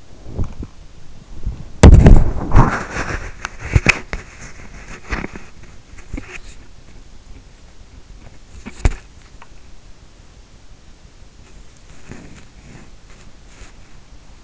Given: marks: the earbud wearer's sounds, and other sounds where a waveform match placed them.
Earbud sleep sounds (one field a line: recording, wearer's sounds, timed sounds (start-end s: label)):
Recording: sounds in sleep by an in-ear microphone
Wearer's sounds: body movement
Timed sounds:
0.32-14.44 s: body movement